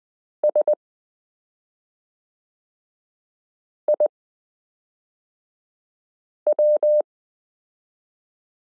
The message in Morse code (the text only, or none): SIW